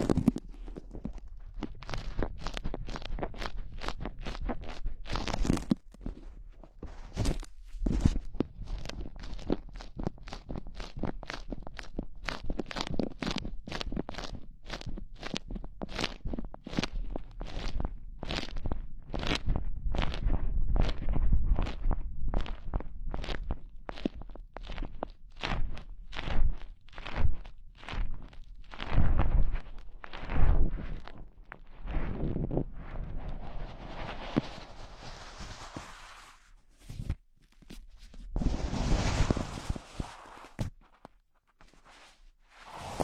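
Gloves are handled, giving a dense run of sharp slaps and crunchy rubs, several each second, through the first half. After about thirty seconds the hits space out, with a bright rustling swell near forty seconds and brief quiet gaps.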